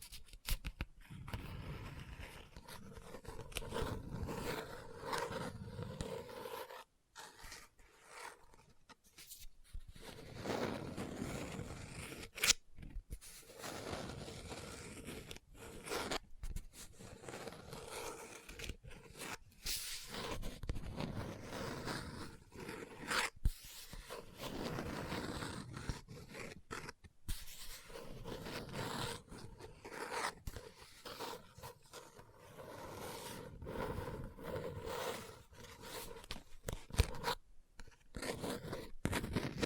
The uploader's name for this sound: Book Tapping, Scratching, Page Turning